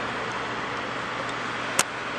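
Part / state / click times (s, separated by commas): DC charging connector into an electric car charge port / seated / 1.8 s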